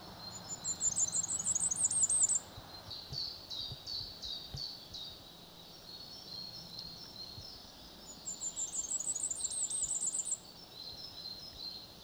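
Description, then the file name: Common firecrest singing: a very high, thin series of notes given twice, with softer, lower chirps between the songs. "Vuurgoudhaan"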